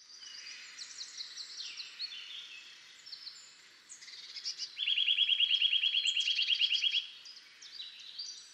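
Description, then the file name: Eurasian nuthatch with high piping notes, then a loud rapid trill lasting about two seconds, followed by more scattered high chirps. "Sitta europaea"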